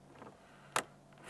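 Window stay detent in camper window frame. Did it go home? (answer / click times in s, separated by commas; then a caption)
yes / 0.8 s. A camper window is pushed further open, and the window stay in the frame clicks into its third detent at 0.8 s with one sharp, bright click. Fainter clicks and rubs come before and after it over low background hum. The stay is seated in the third detent.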